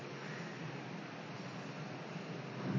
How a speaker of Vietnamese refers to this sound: quý vị có thể về nghe xong thì quý vị nên biết rằng cái thời pháp đó là trong cái ngày mưa bão, chứ đừng có nghĩ rằng cái máy nó hư nha.